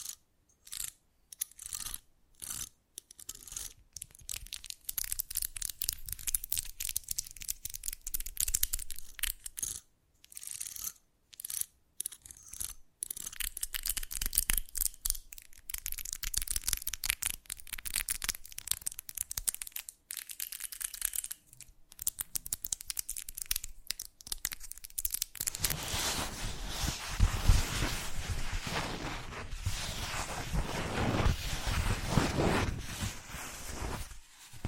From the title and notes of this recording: ASMR Fast Changing Unpredictable Triggers (No Talking).